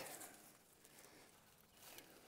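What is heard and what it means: A rope is wrapped four or five times around the capstan of a portable winch, ready to be fed through the rope capture system. Only soft rustling and faint handling taps are heard, around 0.9, 1.6 and 2.0 seconds. Nothing has snapped into the capture system yet.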